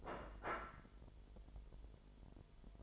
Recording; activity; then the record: daily activity, microphone in the room; place plate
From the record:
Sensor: 5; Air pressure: 1002.1 hPa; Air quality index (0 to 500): 224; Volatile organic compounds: 28 ppm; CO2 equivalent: 2916 ppm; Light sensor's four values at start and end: 10/24/10/11 and 10/24/10/11